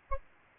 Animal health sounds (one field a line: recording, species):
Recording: mosquito wingbeat signal from an infrared sensor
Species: Aedes albopictus